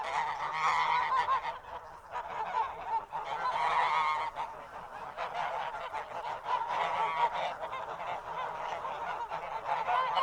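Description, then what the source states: Goose: geese honking in a busy flock, overlapping nasal calls in waves that swell and fade every few seconds. A horde of geese honking.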